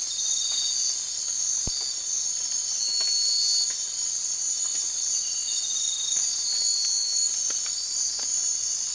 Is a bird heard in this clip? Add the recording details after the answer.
no. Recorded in secondary vegetation near Puerto Asís, Putumayo, Colombia, on 12 March 2025 at 03:30. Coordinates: 0.499, -76.323. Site G094